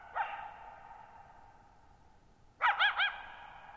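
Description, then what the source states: Coyote with a single bark, then a quick triple yip after a pause, both trailing off into a long ringing echo. Lone coyote calling for nearly 50 minutes at night, July 14, 2019, Thirtymile Meadows, Okanogan National Forest, Okanogan High Country, Pacific Northwest, 6400 ft (1950 m); shallow bowl-shaped meadow on high, dry plateau.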